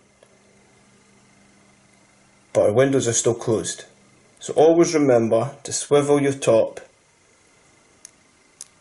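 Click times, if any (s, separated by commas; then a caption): 8.6 s. Someone talks, then the metal-and-glass top cap of a WISMEC Amor Plus vape tank is swivelled closed over the fill windows. It clicks into the locked position at 8.6 s, with a few small ticks around it.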